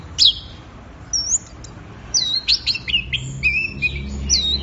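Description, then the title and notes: Orange-headed thrush song with high whistled slurs and rising and falling phrases, varied and loud, over a low steady hum. Bird in full song (gacor), used for training songbirds. "Anis Merah Gacor Teler Untuk. Kumpulan Suara Burung Anis"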